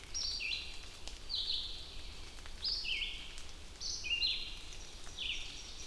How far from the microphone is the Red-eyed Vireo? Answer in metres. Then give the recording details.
about 30 m. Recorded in boreal forest in Alberta, Canada, on 2 June 2016 at 08:10. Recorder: SongMeter 3, array SBT-3-7. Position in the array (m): 104 m, 126 m